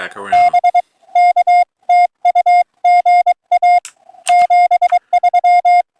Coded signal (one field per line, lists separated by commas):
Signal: Morse code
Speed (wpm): 23 wpm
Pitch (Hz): 710 Hz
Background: speech, music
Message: BK TU GA 73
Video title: March 23 2025 Sunday AM POTA Hunt